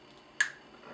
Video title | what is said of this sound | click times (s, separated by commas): Imperial Knight Assembly | we go. Snaps right in. | 0.4 s